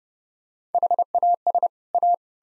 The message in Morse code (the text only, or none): HAS A